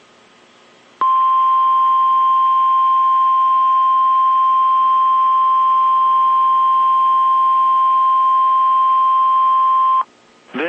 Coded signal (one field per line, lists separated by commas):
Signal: Emergency Alert System (SAME) tones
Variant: 1050 Hz attention tone